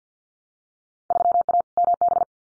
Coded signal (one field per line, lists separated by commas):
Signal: Morse code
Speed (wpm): 48 wpm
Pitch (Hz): 700 Hz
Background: none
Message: 3A MB